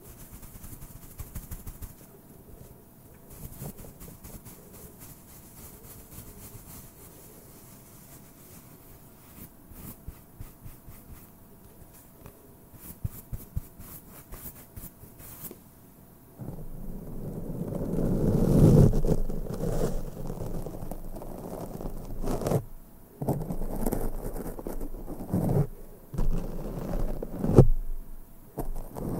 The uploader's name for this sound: INTENSE MIC BRUSHING NO TALKING